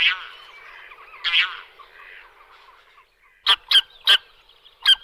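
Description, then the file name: Bean goose calls, a couple of drawn nasal honks, then four sharp, loud honks in quick succession. "Husa polni Anser fabalis"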